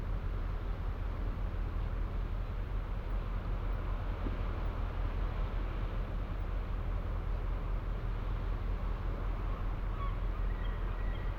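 Ocean waves wash against the old seawalls of St Abbs harbour at night, heard as a steady, dense roar weighted low with a rumbling undertone. The level holds nearly constant throughout, without distinct crashes, and a faint brief tone surfaces near the end.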